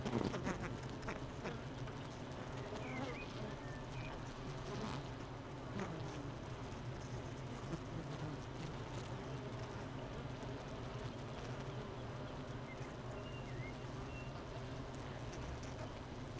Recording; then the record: honeybee colony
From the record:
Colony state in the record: missing queen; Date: 31 May 2018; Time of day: 7:50